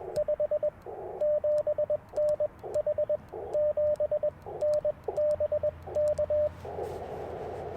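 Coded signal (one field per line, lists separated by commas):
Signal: Morse code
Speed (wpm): 21 wpm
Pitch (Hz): 600 Hz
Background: radio noise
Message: 5 7N H 7N BK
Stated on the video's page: QRP CW Parks on the Air activation on 30 meters with an Icom IC-705 and PackTenna random wire antenna.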